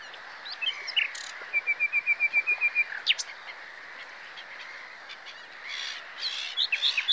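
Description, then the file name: Common nightingale song: a few short opening notes, then a level series of quick repeated notes, and a jumbled phrase of sharp notes near the end, over steady background hiss. "Luscinia megarhynchos"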